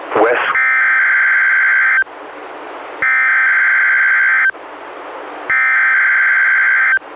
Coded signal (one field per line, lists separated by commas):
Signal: Emergency Alert System (SAME) tones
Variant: header bursts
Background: speech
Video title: EAS #142-145: 4 NWR Required Weekly Tests- Oct. 26-Nov. 16, 2016